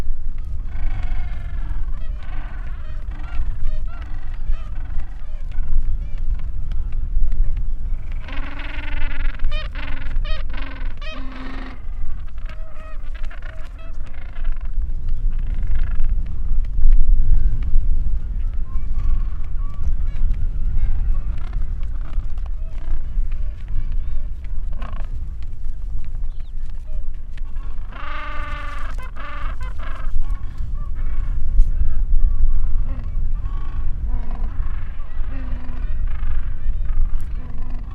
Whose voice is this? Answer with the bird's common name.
Gentoo Penguin